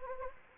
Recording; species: mosquito wingbeat signal from an infrared sensor; Anopheles gambiae